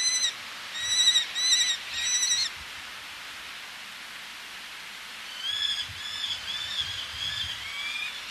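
Eleonora's falcon calls, a quick burst of a few harsh notes, a long quiet gap, then a softer, looser series of nasal calls.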